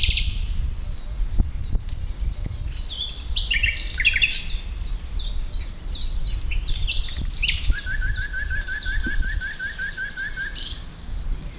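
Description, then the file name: Common nightingale song phrases of varied chirps and whistles, with a run of quick repeated notes, over steady low background rumble. "Luscinia megarhynchos"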